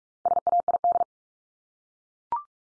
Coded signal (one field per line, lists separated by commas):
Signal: Morse code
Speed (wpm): 44 wpm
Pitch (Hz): 700 Hz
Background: none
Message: SAID